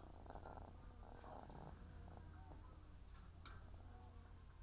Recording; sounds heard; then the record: poultry house recording; sick chickens (respiratory disease)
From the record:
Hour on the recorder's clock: 17